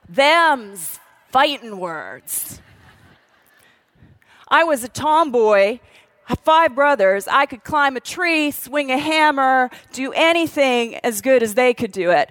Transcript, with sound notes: Them's fighting words. [laughter] I was a tomboy. Five brothers, I could climb a tree, swing a hammer, do anything as good as they could do it.